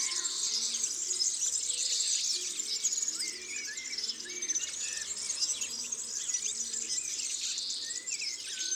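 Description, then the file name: European serin song, a thin, rapid, metallic jingle pouring on continuously, over scattered lower chirps and a soft insect-like buzz. "Serin cini ABC des chants doiseaux"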